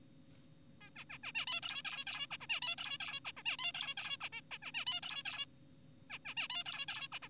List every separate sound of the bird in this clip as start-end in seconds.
0.81-0.90, 0.96-1.04, 1.10-1.18, 1.24-1.32, 1.35-1.46, 1.47-1.61, 1.63-1.82, 1.85-2.05, 2.07-2.27, 2.31-2.38, 2.41-2.47, 2.50-2.60, 2.62-2.76, 2.78-2.98, 3.00-3.20, 3.25-3.32, 3.37-3.43, 3.46-3.56, 3.59-3.72, 3.74-3.94, 3.97-4.17, 4.21-4.29, 4.33-4.41, 4.51-4.58, 4.62-4.72, 4.74-4.85, 4.87-5.00, 5.03-5.23, 5.26-5.46, 6.10-6.18, 6.25-6.34, 6.37-6.48, 6.50-6.64, 6.66-6.86, 6.88-7.08, 7.12-7.19, 7.22-7.29